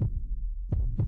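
Deep, muffled thumps sit under a steady low hum, with three beats in about one second. It is a dramatised heartbeat sound effect.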